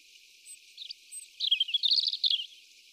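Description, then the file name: European robin singing a short, quick burst of high, sweet, jumbled notes after a few faint thin opening sounds. "Erithacus rubecula"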